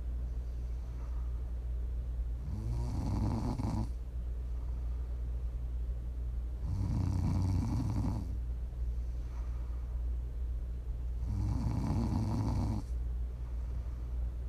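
Three low, rattling snores about every four and a half seconds, roughly 13 breaths a minute, from a sleeping adult over a steady background hum.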